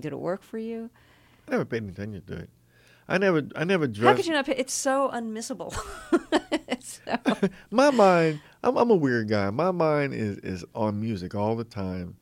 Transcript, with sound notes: Did it work for you?
I never paid any attention to it. I never dressed...
How could you not pay - it's so unmissable (laughter)
My mind - I'm a weird guy. My mind is on music all the time.